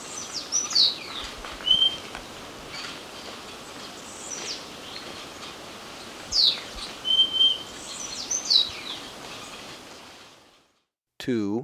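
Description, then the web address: Purple-throated euphonia song: high thin chirps and short falling notes in scattered bursts, with brief clear whistles, over a steady hiss of background noise that cuts out near the end. Recorded in Ecuador. "Natures Songs S America Birds of Ecuador. Purple-Throated Euphonia"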